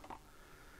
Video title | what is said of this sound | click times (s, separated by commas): #Review - S&T M1918 BAR AEG (german - deutsch) | eingerastet und jetzt kann ich das festschrauben sozusagen das gleiche auf | 0.1 s